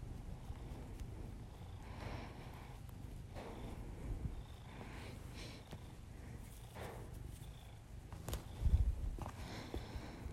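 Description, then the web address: Cat purring, a steady low rumble running throughout, with soft breaths rising and falling over it and a brief louder thump near the end. Pet cat purring, recorded as ASMR together with the owner's heavy breathing. "Miss-Because Just Purrs [ASMR][Literally just my cat purring and my heavy breathing]"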